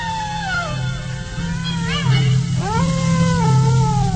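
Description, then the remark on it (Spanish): Eerie howls in the Kalimán radio drama: long, wavering cries that rise and bend in pitch, several overlapping one another, moderately loud over a steady low droning hum. “Y como si fuera poco, esos impresionantes aullidos que llenan la sangre.”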